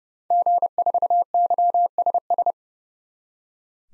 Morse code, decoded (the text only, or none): G4YSS